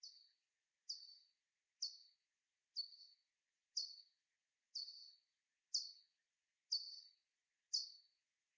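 Soprano pipistrelle echolocation calls: a steady series of nine brief falling chirps, roughly one per second, each fading quickly, with nothing else audible.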